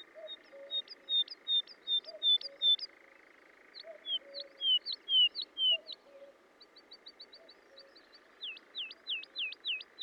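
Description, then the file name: Woodlark song of varied repeated-note phrases, some slurred, ending in a series of sharp V-shaped notes, with quiet lower calls from another bird through the first two-thirds. "British Library - ZHavoronok Lesnoj"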